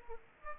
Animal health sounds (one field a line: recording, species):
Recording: mosquito wingbeat signal from an infrared sensor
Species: Aedes aegypti